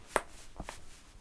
Sharp joint cracking noises.